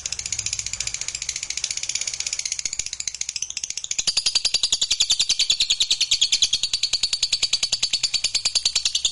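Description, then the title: Lovebird delivering a long, continuous, rapid chattering trill, steady and high, growing louder midway through. Sound played to stimulate a lazy lovebird that is reluctant to sing, so it becomes eager and spontaneously 'langsung narik' (sings at length). "LOVEBIRD Malas Bunyi JADI GREGET SPONTAN Langsung NARIK"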